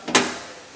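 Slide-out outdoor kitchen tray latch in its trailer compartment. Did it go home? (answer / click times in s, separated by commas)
yes / 0.1 s, 0.2 s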